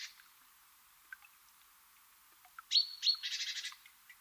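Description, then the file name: Great tit calling once near the end: two sharp high notes leading into a rasping, stuttered churr, with faint ticks before it. "Parus major"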